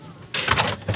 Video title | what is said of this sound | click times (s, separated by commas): VAN BUILD TOUR - Happy Ever After | locks in place okay so moving on over here um | 0.5 s